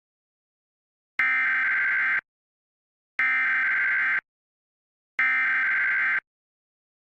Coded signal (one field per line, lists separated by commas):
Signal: Emergency Alert System (SAME) tones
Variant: header bursts